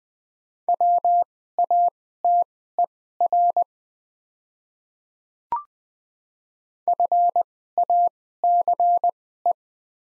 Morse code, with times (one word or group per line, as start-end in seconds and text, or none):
0.7-3.6 WATER
6.9-9.5 FACE